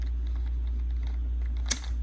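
A metal jaw is backed out of the scroll of a laser rotary chuck, and it clicks out sharply at 1.7 s, releasing the jaw from the scroll. Before the click, faint light ticks and scrapes sit over a steady low hum.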